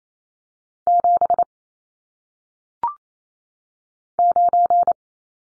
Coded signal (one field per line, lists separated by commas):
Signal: Morse code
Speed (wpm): 28 wpm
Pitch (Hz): 700 Hz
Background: none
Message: 7 9